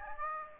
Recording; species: mosquito wingbeat signal from an infrared sensor; Aedes aegypti